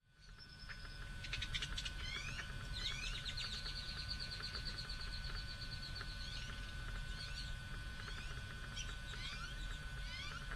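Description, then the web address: Many birds calling together: rapid chirps, descending slurred notes and a long thin sustained whistle, over a steady low rumbling background noise. Many birds calling together, recorded in the morning on 24 March 2006. "bexar Many Birds"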